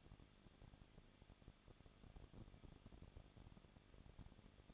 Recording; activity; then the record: daily activity, microphone in the room; no activity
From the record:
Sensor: 4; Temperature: 23.1 degrees Celsius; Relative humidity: 34.3%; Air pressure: 1007.2 hPa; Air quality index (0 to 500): 214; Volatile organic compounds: 15 ppm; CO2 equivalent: 2480 ppm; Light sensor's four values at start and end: 2/3/1/1 and 2/3/1/1